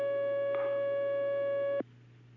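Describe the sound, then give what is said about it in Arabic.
A steady telephone line tone of an incoming call bringing a question to Sheikh Muhammad ibn Salih al-Uthaymeen, with a bright, even pitch and harmonics, holds for nearly two seconds, then cuts off abruptly, leaving a faint low hum. “نعم، سؤال على الهاتف، معنا الشيخ محمد.”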